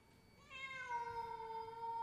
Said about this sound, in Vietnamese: Tiếng mèo kêu như xé vải khiến cho Hoa giật mình buông rơi cả cái bát.